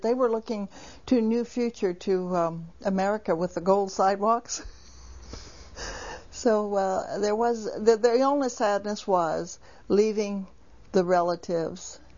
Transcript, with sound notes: They were looking to a new future, to America with the gold sidewalks. ( she laughs ) So there was, the only sadness was leaving the relatives,